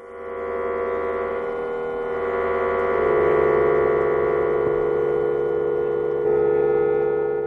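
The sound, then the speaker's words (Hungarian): A didgeridoo plays one continuous low, buzzing drone for several seconds, its tone shifting and warbling as the timbre changes and swelling slightly louder partway through, with no voices. “Zenének ez is nagyon furcsa volt, de ez volt a didgeridoo,”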